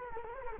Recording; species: mosquito wingbeat signal from an infrared sensor; Culex quinquefasciatus